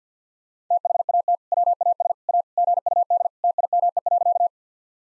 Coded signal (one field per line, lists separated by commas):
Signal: Morse code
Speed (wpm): 50 wpm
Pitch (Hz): 700 Hz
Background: none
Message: THAT WAS A GUD TIME.